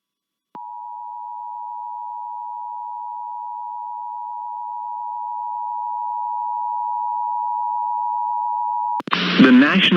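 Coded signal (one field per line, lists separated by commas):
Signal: Emergency Alert System (SAME) tones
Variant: 853 and 960 Hz attention tone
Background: speech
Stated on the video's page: Severe thunderstorm warning from NOAA Weather Radio KJY97, relayed via KLSR-FM.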